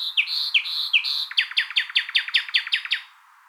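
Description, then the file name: Common nightingale song opening with three slurred whistled notes, then breaking into a quick, even series of sharp, repeated chipping notes. "Luscinia megarhynchos"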